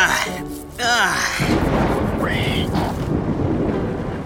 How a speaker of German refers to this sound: Oh, da scheint ein schlimmes Gewitter aufzuziehen.